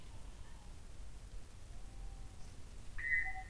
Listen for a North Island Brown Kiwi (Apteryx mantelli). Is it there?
no